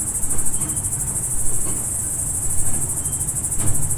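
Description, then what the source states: Cricket chorus, steady and high-pitched, rapid pulses blending into one shimmer, with a couple of soft taps and low rumbling noise. Crickets at dusk, farm ambience in the Emmental.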